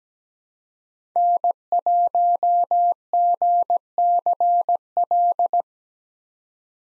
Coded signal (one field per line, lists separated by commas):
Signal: Morse code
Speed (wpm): 17 wpm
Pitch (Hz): 700 Hz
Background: none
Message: N1GCL